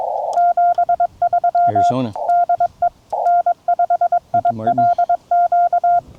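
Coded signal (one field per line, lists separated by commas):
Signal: Morse code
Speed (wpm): 22 wpm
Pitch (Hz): 700 Hz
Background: speech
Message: 73 DE N5ILQ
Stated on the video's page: CW park activation pile-up in gusty wind and rough conditions, FT-891 keyed with a paddle into an end-fed half-wave sloper; mostly 20m, some 15m DX.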